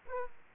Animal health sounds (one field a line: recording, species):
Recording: mosquito wingbeat signal from an infrared sensor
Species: Aedes aegypti